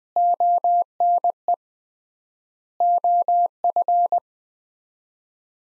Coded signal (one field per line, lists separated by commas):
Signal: Morse code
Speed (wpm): 20 wpm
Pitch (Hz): 700 Hz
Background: none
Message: ONE OF